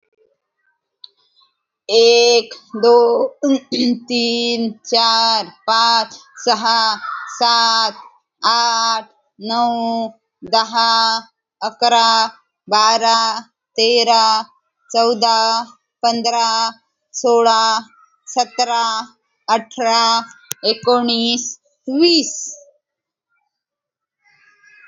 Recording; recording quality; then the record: counting at a normal pace; excellent, no background noise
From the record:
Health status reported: healthy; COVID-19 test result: negative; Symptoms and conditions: cough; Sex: female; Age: 29 years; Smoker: not ticked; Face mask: not worn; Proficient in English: yes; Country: India